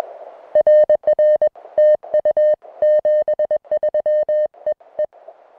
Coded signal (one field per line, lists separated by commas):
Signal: Morse code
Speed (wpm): 21 wpm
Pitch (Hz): 610 Hz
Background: music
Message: RR TU 73 EE